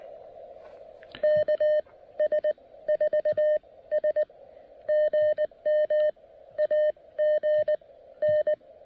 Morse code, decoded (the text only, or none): KS4S GM AGN